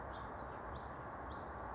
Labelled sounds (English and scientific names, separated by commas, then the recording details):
House Finch (Haemorhous mexicanus)
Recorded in Sonoma County, California